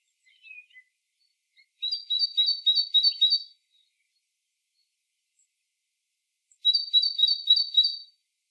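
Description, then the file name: Great tit repeating a bright see-saw two-note phrase in a rapid series, with a few soft calls before and a quiet gap before another series. "Parus major"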